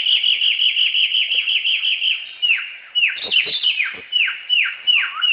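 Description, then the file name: Samyong giving quick, repeated whistled downslurs that become slower toward the end. Recorded in forest. "suara burung samyong di hutan"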